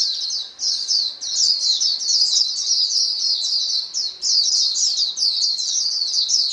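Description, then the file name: Several white-eyes sing at once, high, thin twittering notes tumbling over one another almost without a break. A chorus of many white-eyes singing together. "paduan suara pleci"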